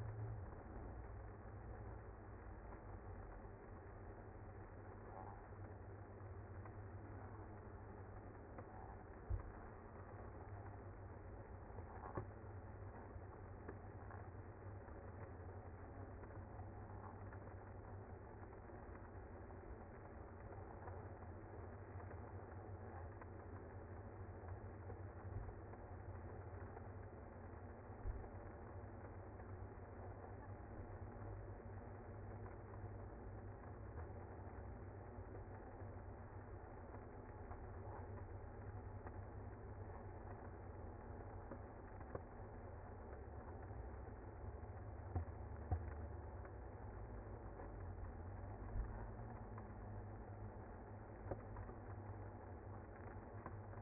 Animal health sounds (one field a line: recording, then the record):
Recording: honeybee colony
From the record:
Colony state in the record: active